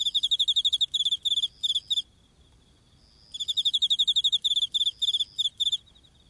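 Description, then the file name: Autumn insect chirping: rapid trains of high, pulsed chirps in two bursts separated by about a second of quiet, with a faint steady trill between. Heard in autumn. "akinomushi"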